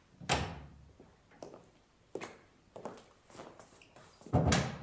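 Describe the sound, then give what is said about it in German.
Knocks on the door of a judges' consultation room in a courthouse in Augsburg, 1934, on a January morning, come in an uneven series, a heavy thump at the start and end with several lighter raps between, each a short dull impact with no voices. “Es klopft.”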